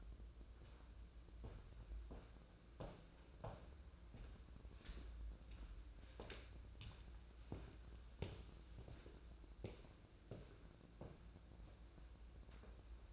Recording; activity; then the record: daily activity, microphone in the room; walk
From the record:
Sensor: 2